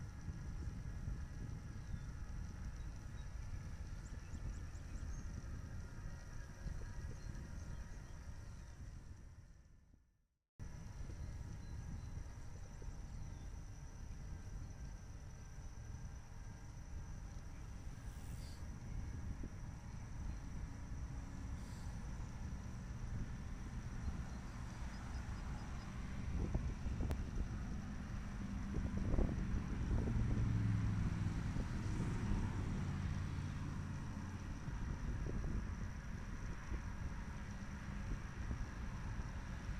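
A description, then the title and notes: A morning commute beside rush-hour traffic: a steady low rumble of cars fills the whole stretch, with a thin high whine held throughout. Near ten seconds the sound cuts out completely for a moment, then resumes, and it grows louder and rougher from about twenty-five seconds on. Rush Hour in Chapel Hill. Bike-cam video showing a pleasant morning commute along a greenway that turns into a sidepath alongside a sea of cars.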